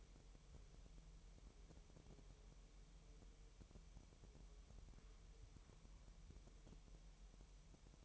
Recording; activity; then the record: daily activity, microphone in the room; wipe stove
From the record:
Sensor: 1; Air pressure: 1001.0 hPa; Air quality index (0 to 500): 249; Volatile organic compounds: 149 ppm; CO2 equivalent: 4017 ppm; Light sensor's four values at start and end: 12/29/12/13 and 12/29/12/13